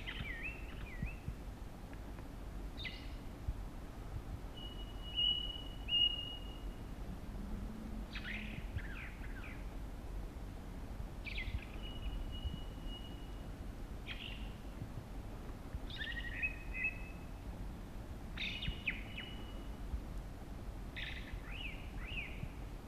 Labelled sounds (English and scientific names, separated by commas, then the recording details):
Ring Ouzel (Turdus torquatus) song
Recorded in the wild
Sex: male
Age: adult
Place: Gerlitzen, Kärnten, AT
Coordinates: 46.6933, 13.9158
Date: 1971-05-12
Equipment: Sony TCD-D10, Sennheiser MKH 804
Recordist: Brunner, Thomas